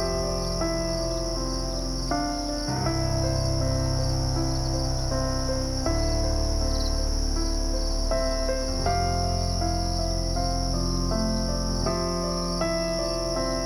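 Crickets chirp steadily at night outside a cabin porch, a thin, bright, unbroken trill over the whole scene. Underneath, soft sustained low chords shift every few seconds, like quiet music, holding an even level throughout.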